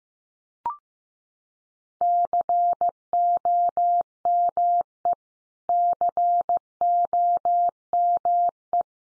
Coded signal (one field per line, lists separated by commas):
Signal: Morse code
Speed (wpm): 15 wpm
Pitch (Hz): 700 Hz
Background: none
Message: COME COME